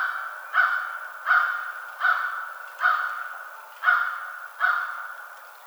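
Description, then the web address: American crow giving six loud, hoarse caws at a fairly steady pace, roughly one every three-quarters of a second. Recorded 21 March 2007. "American Crow 2007 03 21"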